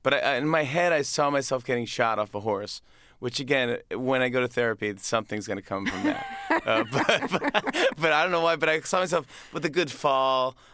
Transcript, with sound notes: But in my head, I saw myself getting shot off a horse, which again, when I go to therapy, something's going to come from that.
(Laughter).
But I don't know why, but I saw myself with a good fall.